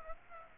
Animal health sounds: mosquito wingbeat signal from an infrared sensor; Aedes aegypti

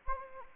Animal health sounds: mosquito wingbeat signal from an infrared sensor; Anopheles arabiensis

